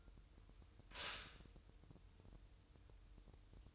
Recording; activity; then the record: daily activity, microphone in the room; stop toaster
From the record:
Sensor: 2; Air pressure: 988.4 hPa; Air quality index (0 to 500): 192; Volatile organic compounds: 190 ppm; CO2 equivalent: 4178 ppm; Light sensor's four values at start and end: 20/68/26/25 and 20/68/26/25